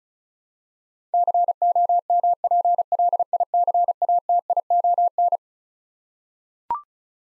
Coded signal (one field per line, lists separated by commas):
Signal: Morse code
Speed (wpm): 36 wpm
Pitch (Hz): 700 Hz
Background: none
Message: COMPLICATION